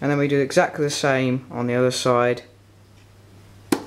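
A DDR3 RAM stick is being pressed into a motherboard DIMM slot, with the small white plastic retention clip on the second side about to be pushed in, just as was done on the first side. Someone talks for about the first 2.4 seconds, then there is quiet apart from a brief sharp sound at 3.7 seconds. Nothing has seated or clicked yet.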